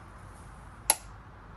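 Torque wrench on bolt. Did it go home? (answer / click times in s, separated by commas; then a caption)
yes / 0.9 s. While couplings are replaced on a 2016 Segway X2, a torque wrench set to 24 pounds is taken over the bolts again and gives one sharp, bright click at 0.9 s against a low steady hum. The bolt is then turned a little further, and the click confirms the torque is reached.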